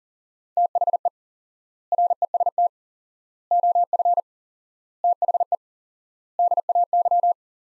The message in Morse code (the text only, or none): THE REST OF THE DAY